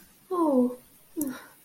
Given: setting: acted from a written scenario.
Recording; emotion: vocal sound without words; sympathy